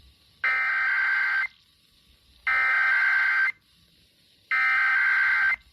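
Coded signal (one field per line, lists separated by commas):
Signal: Emergency Alert System (SAME) tones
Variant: header bursts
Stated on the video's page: Weekly test on K-LOVE radio.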